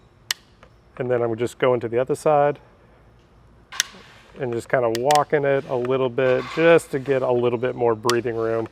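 A flathead screwdriver pries the plastic venturi valve out of the bottom of a 370Z fuel pump basket during a fuel return system install, so the small hole can be drilled bigger without the drill bit touching the basket. A sharp click at 0.3 s marks the valve releasing, and another brief snap comes around 3.8 s. Someone talks through most of the clip.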